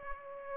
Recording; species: mosquito wingbeat signal from an infrared sensor; Aedes aegypti